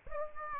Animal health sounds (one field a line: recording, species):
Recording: mosquito wingbeat signal from an infrared sensor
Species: Aedes aegypti